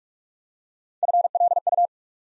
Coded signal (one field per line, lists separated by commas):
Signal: Morse code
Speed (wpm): 44 wpm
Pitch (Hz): 700 Hz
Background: none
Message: FLU